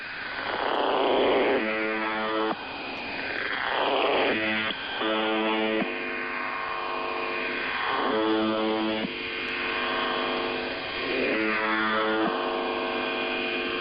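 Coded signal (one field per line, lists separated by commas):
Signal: channel marker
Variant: UVB-76 (The Buzzer)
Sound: four harsh one-second buzzes about every three seconds through swirling shortwave static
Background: radio static with fading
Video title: [Old Recording] The Buzzer/UVB-76 Weird Sound Transmission 01/07/2023 16:11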